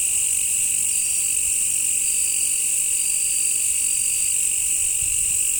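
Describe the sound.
Cricket chorus of continuous high trilling, with faint drawn-out higher tones and a soft low thump near the end.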